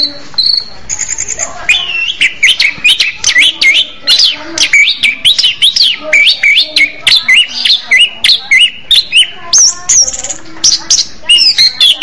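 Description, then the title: Orange-headed thrush delivering a fast, chattering song of warbled and twittering notes, with higher whistles at the start and near the end. "Anis Merah"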